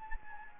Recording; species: mosquito wingbeat signal from an infrared sensor; Anopheles gambiae